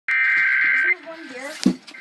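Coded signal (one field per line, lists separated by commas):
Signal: Emergency Alert System (SAME) tones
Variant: header bursts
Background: speech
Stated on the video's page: Severe thunderstorm warning on AM/FM broadcast, the same alert also captured on NOAA Weather Radio.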